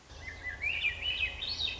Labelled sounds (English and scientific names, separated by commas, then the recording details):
Swainson's Thrush (Catharus ustulatus)
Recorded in Sonoma County, California